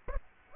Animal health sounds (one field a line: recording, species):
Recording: mosquito wingbeat signal from an infrared sensor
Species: Aedes aegypti